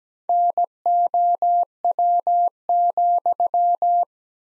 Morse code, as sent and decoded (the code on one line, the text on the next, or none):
-. --- .-- --..--
NOW,